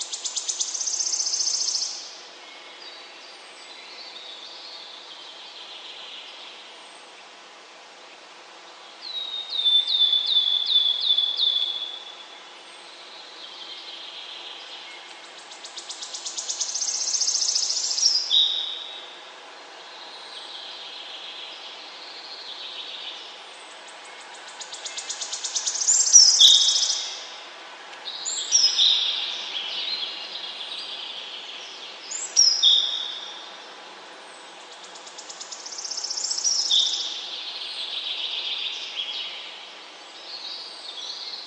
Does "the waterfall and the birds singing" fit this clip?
yes